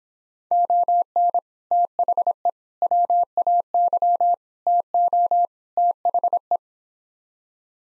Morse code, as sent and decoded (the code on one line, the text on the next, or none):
--- -. / - .... . / .-- .- -.-- / - --- / - .... .
ON THE WAY TO THE